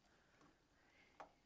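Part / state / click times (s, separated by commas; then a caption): memory SIMM module into motherboard SIMM socket / not seated / none. A memory SIMM is pushed down into its socket on the system board of an IBM PS/2 Model 25SX, but it will not go all the way down and the retaining clips do not latch. Only a faint scuff is heard around 1.2 s against low background noise. Nothing has seated or clicked yet.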